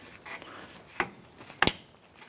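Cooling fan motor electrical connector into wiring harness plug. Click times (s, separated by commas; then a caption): 1.6 s. The cooling fan motor's electrical connector on a 2004-2008 Acura TL AC condenser cooling fan assembly is lined up with the wiring harness plug and pushed together. After a softer tap at 1.0 s, a sharp click sounds at 1.6 s as the connector latches and seats.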